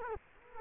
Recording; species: mosquito wingbeat signal from an infrared sensor; Culex quinquefasciatus